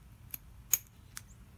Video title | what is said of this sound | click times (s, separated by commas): Anderson Powerpole Connectors (part 2) | and you heard that click | 0.7 s